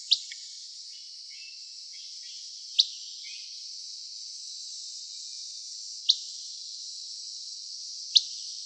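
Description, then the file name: Buff-breasted flycatcher giving four abrupt, high, dry call notes roughly two to three and a half seconds apart, against a steady shrill hiss of insects. Arizona, 3 August 2006, calls. "BBFL CALLS deviche"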